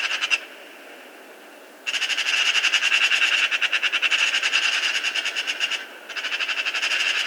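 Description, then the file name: Eurasian magpie chatter: a short burst, a pause, then a long, fast run of grating, machine-gun notes that stops briefly and starts again. "Pica pica"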